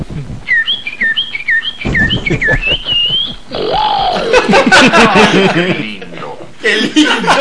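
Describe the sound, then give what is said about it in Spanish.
A parakeet chirps in a quick run of bright, high, warbling tweets, then gives way to louder, noisier sounds as voices and chuckling take over. “El legendario periquito come hombres.”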